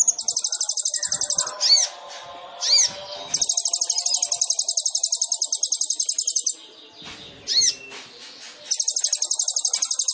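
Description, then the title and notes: Sunbird song of long, rapid, high buzzy trills broken by several swooping slurred notes and short pauses, then the fast trill returning. Training song (masteran) of a lively (gacor) singer, full of filler phrases (isian) and shot-like bursts (tembakan), suited as pancingan to prompt other birds to sing. "MASTERAN KOLIBRI NINJA FULL ISIAN DAN TEMBAKAN COCOK BUAT PANCINGAN. Suara Burung Kolibri Ninja Gacor"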